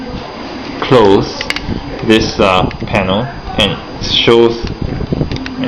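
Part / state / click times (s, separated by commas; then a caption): panel locking into a combining robot figure / seated / 5.5 s. Someone talks while a panel on a Bandai Soul of Chogokin GX-61 Daiohja die-cast combining robot toy is closed and locked into the figure, with soft handling taps near the end. A click is heard at 5.5 s as the panel locks in place, confirmed as nicely locked.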